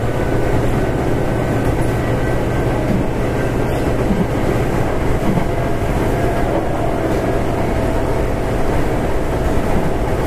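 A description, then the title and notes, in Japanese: An express train on the Takarazuka Line runs along with a steady, dense rumble that stays level for the whole stretch. The low roar is heavy and constant, with a faint hum and a thin whine held above it, and no clear breaks or separate events. 阪急6000系 宝塚線急行 梅田から宝塚まで。It is running sound of Hankyu Railway 6000 series train.I recorded on the express train of Takarazuka Line.The section is from Umeda to Takarazuka.電車の走行音。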